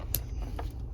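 A small plastic terminal retainer, the "little snapper," is pressed back onto the wiper control switch connector from a Honda Pilot being added to a 2003 Honda Element. A loud, sharp click at 0.2 s shows the terminal lock snapping into place, followed by a fainter tick around 0.6 s over a low steady hum. The retainer is seated.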